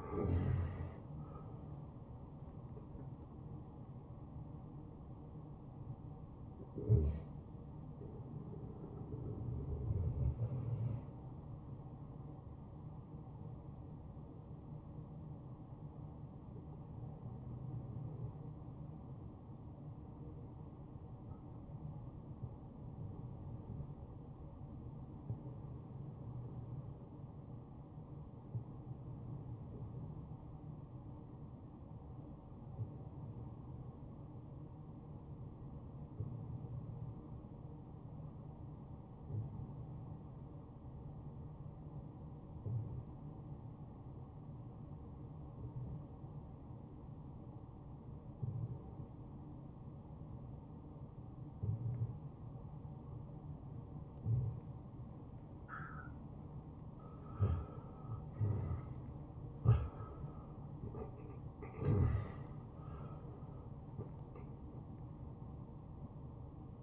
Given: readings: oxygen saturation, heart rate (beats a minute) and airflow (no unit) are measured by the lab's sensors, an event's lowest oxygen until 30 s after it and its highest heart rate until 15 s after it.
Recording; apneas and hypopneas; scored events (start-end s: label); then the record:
breathing in sleep by a smartphone at the bedside; 1
15.00-57.00 s: hypopnea (N1, oxygen 96% highest, then 89% lowest, heart rate 69 at the start, 74 highest)
21.00-51.00 s: new sleep stage, N2 (light sleep)
51.00-66.83 s: new sleep stage, N1 (lightest sleep)
From the record:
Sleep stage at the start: N1 (lightest sleep); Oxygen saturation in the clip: 87 to 96%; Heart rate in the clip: 57 to 77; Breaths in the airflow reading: 11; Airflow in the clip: -12.3 to 9.5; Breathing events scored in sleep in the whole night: 263 in 5.5 hours asleep